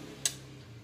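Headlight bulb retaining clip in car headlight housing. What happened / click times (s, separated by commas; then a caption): The metal retaining clip snapped into its locked position / 0.3 s. A metal retaining spring clip is pushed down to lock an H4 X3 50-watt LED headlight bulb into a car's headlight housing. A single short, sharp, bright click is heard at 0.3 s over a faint low hum. The clip locks and the bulb is seated.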